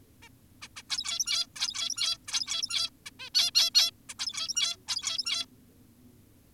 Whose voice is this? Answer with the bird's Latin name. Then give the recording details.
Taeniopygia guttata. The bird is an adult. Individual g17y2U